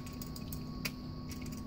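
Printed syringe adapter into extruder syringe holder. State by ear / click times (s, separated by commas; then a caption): seated / 0.9 s. A 3D-printed plastic syringe adapter piece, used to fit a 2.5 ml gas-tight syringe, is pressed into the printed syringe holder of an extruder assembly. A few faint ticks at about 0.2, 0.4 and 0.5 seconds lead to a sharper click at 0.9 seconds as the adapter seats in the holder.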